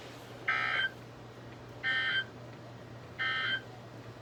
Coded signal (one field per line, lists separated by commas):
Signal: Emergency Alert System (SAME) tones